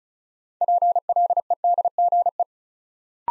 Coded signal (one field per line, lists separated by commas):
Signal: Morse code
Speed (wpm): 36 wpm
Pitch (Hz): 700 Hz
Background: none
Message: PLEDGE